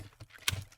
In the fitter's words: that's going to lock in there